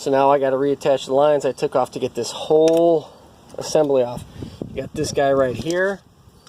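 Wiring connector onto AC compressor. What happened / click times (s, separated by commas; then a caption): The connector is handled but has not yet clicked home / none. A wiring connector is being handled onto a new AC compressor while someone talks throughout. Nothing has seated or clicked yet by the end of the clip.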